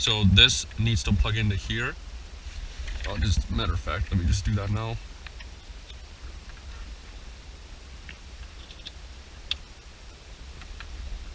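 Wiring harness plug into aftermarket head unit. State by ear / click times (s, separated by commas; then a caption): not seated / none. Someone talks, then a plastic wiring harness plug is handled near the socket of a Lexion 12.3-inch Android Auto and Apple CarPlay aftermarket head unit being installed in a 2015 Lexus IS350. Faint handling ticks follow, with the sharpest one around 9.5 seconds. Nothing has seated or clicked yet when the clip ends.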